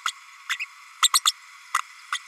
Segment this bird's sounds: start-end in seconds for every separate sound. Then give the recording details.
0.05-0.12, 0.49-0.57, 1.02-1.09, 1.13-1.21, 1.25-1.32, 1.74-1.79, 2.12-2.18. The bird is a female. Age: 32 days. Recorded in a nest box in Venezuela. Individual 17B32A5